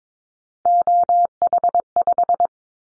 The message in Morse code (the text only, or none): OH5